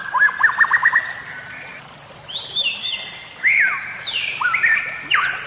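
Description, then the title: White-rumped shama singing with a quick string of short notes, then long drawn whistles that slide up and down, spaced by pauses; a steady faint high whine throughout. "MASTERAN MURAI BATU LABAIK"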